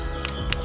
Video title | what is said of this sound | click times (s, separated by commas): Présentation du TRIALP 3 roues motrices par Pierre TESSIER | Ik bedien de hendel, ik knijp in en hij blijft vergrendeld. | 0.2 s, 0.5 s